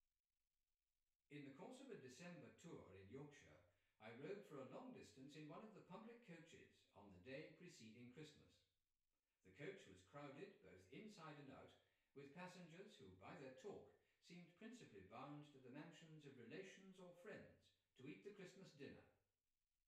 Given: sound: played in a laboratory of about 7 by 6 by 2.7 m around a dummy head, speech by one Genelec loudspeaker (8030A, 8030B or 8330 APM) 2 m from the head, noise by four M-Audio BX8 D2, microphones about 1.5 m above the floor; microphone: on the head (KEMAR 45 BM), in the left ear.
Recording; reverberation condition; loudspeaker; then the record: male speech in English; medium; 120 degrees to the right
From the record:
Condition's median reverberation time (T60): about 510 ms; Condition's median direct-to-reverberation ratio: about -0.5 dB